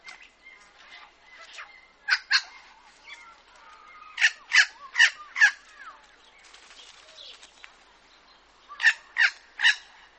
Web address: vaswhite. Red wattle bird